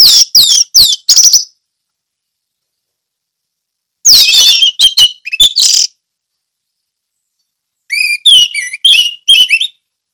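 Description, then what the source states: Orange-headed thrush song with three separate bursts of rapid, sharp chirps and whistles, spaced by silent pauses. Song in the ngeplong style.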